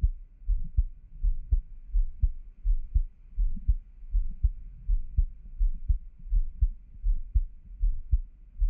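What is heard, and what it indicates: An adult's own heartbeat heard close up: steady, regular low thumping at about 81 beats a minute, with a soft background hum and no talking.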